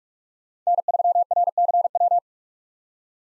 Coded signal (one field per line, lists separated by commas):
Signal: Morse code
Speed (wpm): 42 wpm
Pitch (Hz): 700 Hz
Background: none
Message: N3RCW